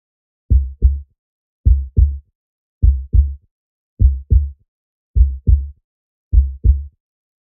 Heart Beat. Normal Rate.